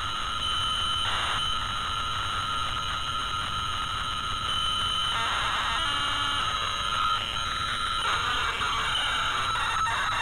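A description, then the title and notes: Audio from a C64 cassette: a steady, dense tape signal with a constant high whine and several fixed tones running straight through. Around one second, five seconds and eight seconds the texture shifts into busier, rougher bursts, while a low hum persists underneath at an even level. Audio from a C64 cassette for Battleships by Elite, alongside generic dissonance extracted from tcpdump in Linux.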